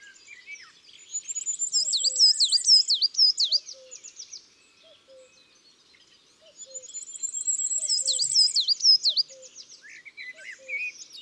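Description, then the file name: Coal tit song, a high thin rising trill followed by a run of sharp, hooked, repeated notes, given twice with a pause, plus soft low chirps. From a French collection of songs of woodland and forest birds. "Mesange noire Chants doiseaux des bois et des forets"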